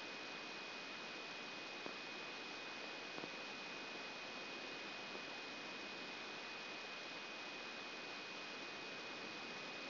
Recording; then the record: brain microelectrode recording played as sound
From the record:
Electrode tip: outside the subthalamic nucleus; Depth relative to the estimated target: -1 mm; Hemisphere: left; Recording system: AlphaMap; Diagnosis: Parkinson's disease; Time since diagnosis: 11 years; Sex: male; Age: 56 years